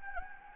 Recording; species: mosquito wingbeat signal from an infrared sensor; Anopheles gambiae